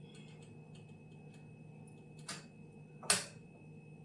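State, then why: Seated. A presser foot is placed under the raised foot holder of a new sewing machine and pressed until it snaps on. A soft tap comes at about 2.3 seconds, then a sharp click at 3.1 seconds as the foot seats in place.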